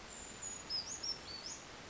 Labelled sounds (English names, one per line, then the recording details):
Brown Creeper
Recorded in Sonoma County, California